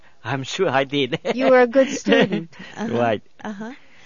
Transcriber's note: he laughs